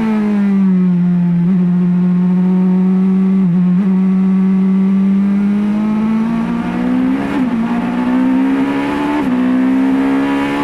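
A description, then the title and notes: Recorded inside a car, a steady engine drone fills the cabin with a low hum and a stack of fainter overtones above it. The pitch holds mostly level, with brief dips around 1.5, 3.5, 7.5 and 9 seconds and a gradual rise after 6 seconds. Mazda RT24-P DPi In-Car Audio, Mid-Ohio 2019. Ride with Ryan Hunter-Reay and Jonathan Bomarito around the Mid-Ohio Sports Car course in their four-cylinder turbo-powered Mazda RT24-P DPi from the 2019 IMSA WeatherTech SportsCar Championship event.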